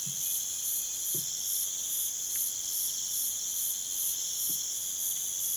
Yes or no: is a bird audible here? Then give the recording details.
no. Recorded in pastures near Puerto Asís, Putumayo, Colombia, on 27 June 2025 at 01:30. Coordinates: 0.486, -76.323. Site H29